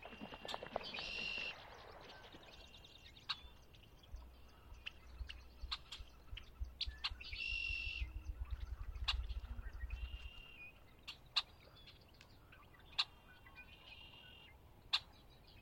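Birds sing at a lake on a chilly spring dawn, with bright chirping phrases around 1, 7.5, 10 and 14 seconds. Sharp ticks and clicks pop up irregularly throughout. A low rumble hums underneath from about 4 to 10 seconds.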